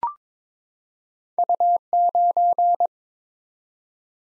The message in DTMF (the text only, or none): none